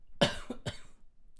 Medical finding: Male Cough.